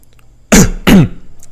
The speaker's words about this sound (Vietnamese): Nhìn thấy sắc mặt Vu Thanh Nhã tựa hồ không có dị thường, Diệp Thiên ho khan hai tiếng, vẻ mặt nghiêm chỉnh nói.